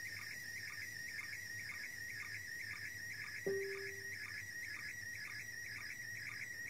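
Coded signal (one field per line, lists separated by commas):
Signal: SSTV (slow-scan television)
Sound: steady warbling high tone with rapid regular clicks; a low steady hum joins halfway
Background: radio static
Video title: SSTV from ISS - International Space Station - 8th Dec 2017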